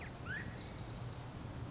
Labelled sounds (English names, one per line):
Pacific Wren